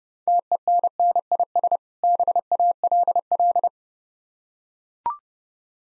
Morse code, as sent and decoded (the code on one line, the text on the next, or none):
- . -. -. .. ... / -... .- .-.. .-..
TENNIS BALL